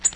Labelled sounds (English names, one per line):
Tennessee Warbler flight call